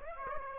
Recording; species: mosquito wingbeat signal from an infrared sensor; Aedes aegypti